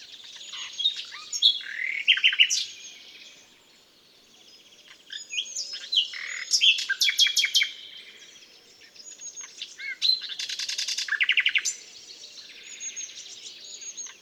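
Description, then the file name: Common nightingale song in several loud bursts of rapid repeated notes and whistled phrases, with short lulls. "Luscinia megarhynchos"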